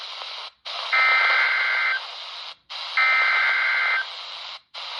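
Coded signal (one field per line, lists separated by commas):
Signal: Emergency Alert System (SAME) tones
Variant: header bursts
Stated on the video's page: NOAA Weather Radio transmitter on 162.500 MHz from Mount Jefferson, NC, received about 82 miles away on a RadioShack 12-254 weather radio.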